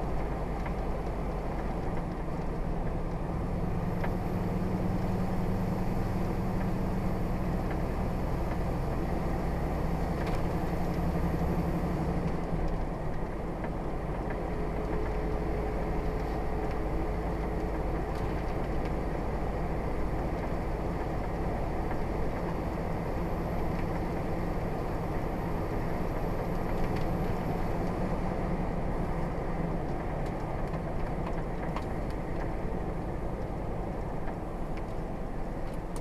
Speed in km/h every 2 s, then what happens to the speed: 40, 39, 40, 42, 44, 44, 44, 44, 45, 47, 48, 48, 50, 48, 45, 44, 40, 35.
0-25 speeds up to 50. 25-36 slows to 35.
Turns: none.